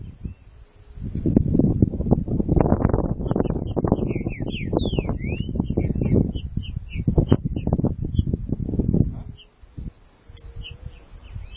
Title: Trinca Ferro